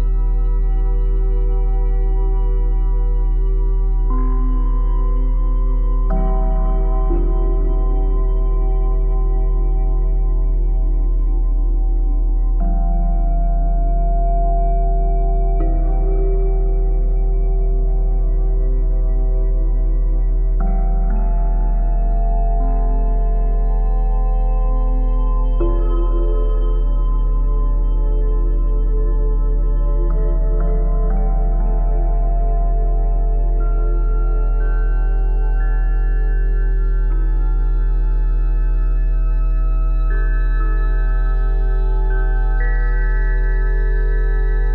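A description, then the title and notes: Layered sustained tones at 174Hz, 417Hz and 741Hz hum over a steady low drone. New pitches enter every few seconds, around 6, 16, 21, 25 and 30 seconds, each ringing on smoothly like a singing bowl. The blend stays even and unbroken throughout. 174Hz+417Hz+741Hz.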